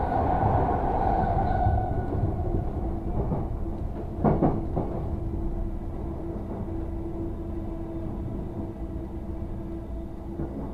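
A train ride, with a steady low rumble and rattle filling the whole clip. A bright squealing tone fades out in the first two seconds, a cluster of sharp clacks lands around four seconds, and a faint steady hum runs through the rest.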